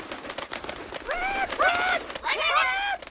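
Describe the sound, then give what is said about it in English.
A chicken sound effect: chickens cluck and squawk in three short, nasal, rising-and-falling bursts over a low, steady background hum, growing a little busier toward the end. “Oh, wait a minute. The chickens are appearing.”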